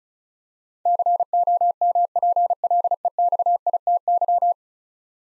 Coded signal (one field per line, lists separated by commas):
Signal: Morse code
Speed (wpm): 36 wpm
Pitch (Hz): 700 Hz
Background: none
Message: COMPLEXITY